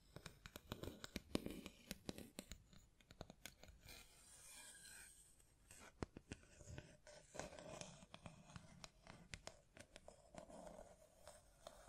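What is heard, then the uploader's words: Close, dry hand sounds: fingers tap, scratch and brush over a microphone in dense, irregular bursts. Sharp clicks land every fraction of a second, with softer rubbing swishes between them, and a brighter scraping passage around the four-to-five-second mark. ASMR Blue Yeti Mic Test Tapping, Scratching, Mic Brushing, Hand Sounds etc (No Talking).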